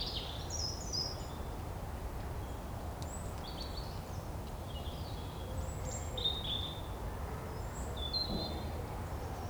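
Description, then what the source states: Birds calling, brief high whistled notes and chirps scattered throughout, with a constant low rumbling background. Recorded in the morning.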